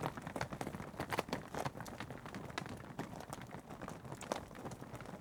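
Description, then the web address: Cattle hooves clattering on a hard road, a steady irregular patter of many footfalls with a dull low rumble beneath, and no calls. Cattle passing along on tarmac. "BBC Sound Effects Library. Cattle Passing On Tarmac"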